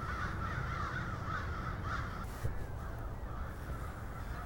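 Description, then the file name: Crows cawing, a run of harsh caws over a steady low rumble. Several crows. "multi-cinci crows"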